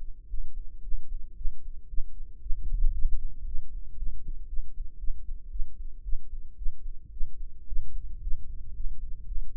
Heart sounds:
heart sounds by microphone in the right ear; 114 bpm
0.28 s: heartbeat
0.82 s: heartbeat
1.35 s: heartbeat
1.88 s: heartbeat
2.40 s: heartbeat
2.93 s: heartbeat
3.45 s: heartbeat
3.97 s: heartbeat
4.47 s: heartbeat
4.98 s: heartbeat
5.50 s: heartbeat
6.03 s: heartbeat
6.56 s: heartbeat
7.11 s: heartbeat
7.66 s: heartbeat
8.21 s: heartbeat
8.74 s: heartbeat
9.26 s: heartbeat
From the record:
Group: healthy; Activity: rest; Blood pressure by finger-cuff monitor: 130/81 mmHg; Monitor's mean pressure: 96 mmHg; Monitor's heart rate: 113 bpm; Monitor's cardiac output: 9 L/min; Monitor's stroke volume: 78 mL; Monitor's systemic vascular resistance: 790 dyn s/cm5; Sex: female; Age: 19 years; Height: 163 cm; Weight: 51 kg

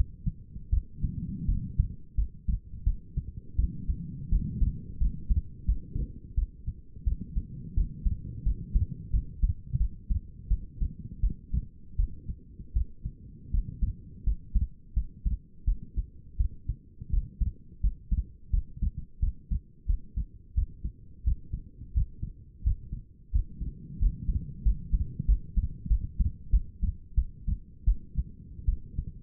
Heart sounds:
heart sounds by stethoscope; 86 bpm
0.70 s: heartbeat
1.46 s: heartbeat
2.15 s: heartbeat
2.84 s: heartbeat
3.56 s: heartbeat
4.30 s: heartbeat
4.98 s: heartbeat
5.66 s: heartbeat
6.35 s: heartbeat
7.04 s: heartbeat
7.75 s: heartbeat
8.44 s: heartbeat
9.11 s: heartbeat
9.78 s: heartbeat
10.48 s: heartbeat
11.21 s: heartbeat
11.97 s: heartbeat
12.74 s: heartbeat
13.51 s: heartbeat
14.24 s: heartbeat
14.94 s: heartbeat
15.65 s: heartbeat
16.38 s: heartbeat
17.11 s: heartbeat
17.81 s: heartbeat
18.51 s: heartbeat
19.20 s: heartbeat
19.87 s: heartbeat
20.55 s: heartbeat
21.24 s: heartbeat
21.94 s: heartbeat
22.64 s: heartbeat
23.32 s: heartbeat
23.99 s: heartbeat
24.63 s: heartbeat
25.26 s: heartbeat
25.88 s: heartbeat
26.51 s: heartbeat
27.15 s: heartbeat
27.85 s: heartbeat
28.66 s: heartbeat
From the record:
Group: healthy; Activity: rest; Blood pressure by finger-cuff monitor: 129/81 mmHg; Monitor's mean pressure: 98 mmHg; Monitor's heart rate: 86 bpm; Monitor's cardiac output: 6.4 L/min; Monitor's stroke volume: 75 mL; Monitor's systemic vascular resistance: 1150 dyn s/cm5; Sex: female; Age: 37 years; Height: 168 cm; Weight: 70 kg

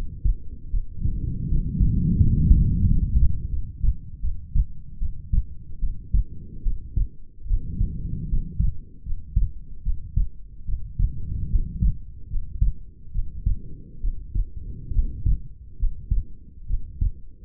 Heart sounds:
heart sounds by stethoscope; 75 bpm
0.71 s: heartbeat
1.47 s: heartbeat
2.17 s: heartbeat
2.83 s: heartbeat
3.49 s: heartbeat
4.21 s: heartbeat
4.99 s: heartbeat
5.80 s: heartbeat
6.63 s: heartbeat
7.47 s: heartbeat
8.27 s: heartbeat
9.03 s: heartbeat
9.83 s: heartbeat
10.65 s: heartbeat
11.49 s: heartbeat
12.28 s: heartbeat
13.12 s: heartbeat
14.00 s: heartbeat
14.92 s: heartbeat
15.77 s: heartbeat
16.66 s: heartbeat
From the record:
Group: healthy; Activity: rest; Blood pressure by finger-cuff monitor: 113/81 mmHg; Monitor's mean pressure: 90 mmHg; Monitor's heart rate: 73 bpm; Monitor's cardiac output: 6 L/min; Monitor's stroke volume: 82 mL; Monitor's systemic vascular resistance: 1100 dyn s/cm5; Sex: female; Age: 22 years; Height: 160 cm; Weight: 45 kg

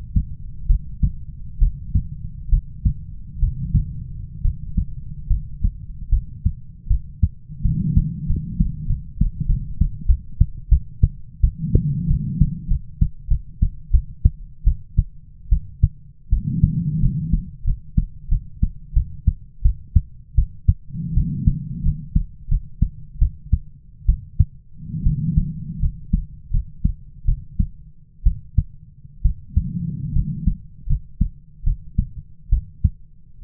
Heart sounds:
heart sounds by stethoscope; 79 bpm
0.66 s: heartbeat
1.59 s: heartbeat
2.49 s: heartbeat
3.39 s: heartbeat
4.42 s: heartbeat
5.28 s: heartbeat
6.10 s: heartbeat
6.88 s: heartbeat
7.62 s: heartbeat
8.26 s: heartbeat
8.87 s: heartbeat
9.47 s: heartbeat
10.07 s: heartbeat
10.69 s: heartbeat
11.41 s: heartbeat
12.08 s: heartbeat
12.68 s: heartbeat
13.28 s: heartbeat
13.91 s: heartbeat
14.65 s: heartbeat
15.50 s: heartbeat
16.30 s: heartbeat
17.00 s: heartbeat
17.65 s: heartbeat
18.29 s: heartbeat
18.94 s: heartbeat
19.63 s: heartbeat
20.35 s: heartbeat
21.14 s: heartbeat
21.83 s: heartbeat
22.49 s: heartbeat
23.19 s: heartbeat
24.06 s: heartbeat
25.04 s: heartbeat
25.80 s: heartbeat
26.51 s: heartbeat
27.25 s: heartbeat
28.24 s: heartbeat
29.22 s: heartbeat
30.13 s: heartbeat
30.87 s: heartbeat
31.64 s: heartbeat
32.50 s: heartbeat
33.42 s: heartbeat
From the record:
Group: healthy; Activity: Valsalva maneuver 0-3 s, rest 3-33 s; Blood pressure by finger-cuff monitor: 98/62 mmHg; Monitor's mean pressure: 74 mmHg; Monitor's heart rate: 84 bpm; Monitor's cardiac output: 6.6 L/min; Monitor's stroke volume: 81 mL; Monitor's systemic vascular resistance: 810 dyn s/cm5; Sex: female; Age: 22 years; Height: 157 cm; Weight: 47.6 kg

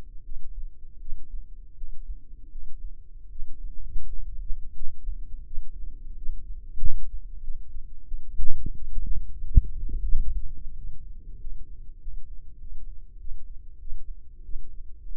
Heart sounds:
heart sounds by microphone in the left ear; 89 bpm
0.23 s: heartbeat
0.99 s: heartbeat
1.76 s: heartbeat
2.50 s: heartbeat
3.30 s: heartbeat
4.05 s: heartbeat
4.74 s: heartbeat
5.45 s: heartbeat
6.15 s: heartbeat
6.80 s: heartbeat
7.42 s: heartbeat
8.06 s: heartbeat
8.73 s: heartbeat
9.43 s: heartbeat
10.11 s: heartbeat
10.75 s: heartbeat
11.38 s: heartbeat
11.99 s: heartbeat
12.58 s: heartbeat
13.18 s: heartbeat
13.79 s: heartbeat
14.43 s: heartbeat
15.05 s: heartbeat
From the record:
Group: healthy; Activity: rest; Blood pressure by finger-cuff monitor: 87/60 mmHg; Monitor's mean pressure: 69 mmHg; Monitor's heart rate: 89 bpm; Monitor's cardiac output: 6.8 L/min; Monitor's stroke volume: 77 mL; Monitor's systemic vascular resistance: 730 dyn s/cm5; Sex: female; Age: 19 years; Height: 163 cm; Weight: 48.9 kg

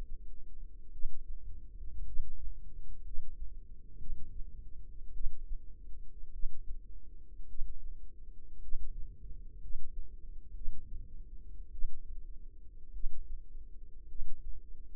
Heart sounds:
heart sounds by microphone in the left ear; 55 bpm
0.91 s: heartbeat
2.04 s: heartbeat
3.03 s: heartbeat
3.97 s: heartbeat
5.12 s: heartbeat
6.31 s: heartbeat
7.46 s: heartbeat
8.60 s: heartbeat
9.59 s: heartbeat
10.53 s: heartbeat
11.70 s: heartbeat
12.91 s: heartbeat
14.07 s: heartbeat
From the record:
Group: healthy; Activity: rest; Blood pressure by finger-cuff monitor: 91/56 mmHg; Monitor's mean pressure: 67 mmHg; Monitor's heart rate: 53 bpm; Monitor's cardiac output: 4.5 L/min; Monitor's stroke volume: 83 mL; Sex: female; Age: 36 years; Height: 163 cm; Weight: 88 kg

